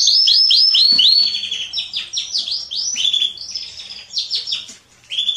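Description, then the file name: Canary song, a rapid series of looping high notes followed by softer varied chirping phrases and a brief pause near the end. "Canary Voice"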